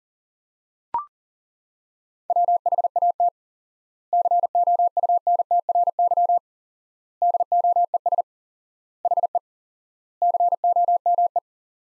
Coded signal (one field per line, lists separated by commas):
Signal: Morse code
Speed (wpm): 40 wpm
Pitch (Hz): 700 Hz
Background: none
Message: WHAT COUNTRY DOES HE COME